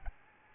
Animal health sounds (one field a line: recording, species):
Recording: mosquito wingbeat signal from an infrared sensor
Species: Aedes albopictus